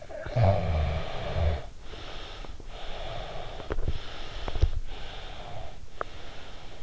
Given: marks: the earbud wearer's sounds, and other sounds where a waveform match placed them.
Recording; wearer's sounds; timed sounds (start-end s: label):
sounds in sleep by an in-ear microphone; snoring breath, breath
0.03-2.59 s: snoring breath
2.94-4.64 s: breath
4.81-6.82 s: breath